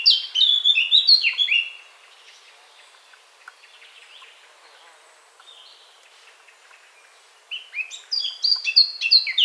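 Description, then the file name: Eurasian blackcap song: a loud, fluty warbled phrase, then several seconds of faint background chatter, then another bright whistled phrase. "Sylvia atricapilla"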